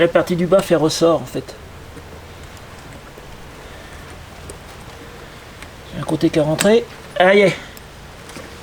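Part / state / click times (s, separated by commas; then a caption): brake pad retaining spring clip into motorcycle brake caliper / seated / 7.8 s. A metal brake pad retaining spring clip is pushed into a motorcycle's front brake caliper while the pads are being refitted. Someone talks at the start and again near the end, with faint rustling in between. A sharp click at 7.8 s confirms the spring clip has seated.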